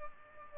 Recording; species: mosquito wingbeat signal from an infrared sensor; Aedes albopictus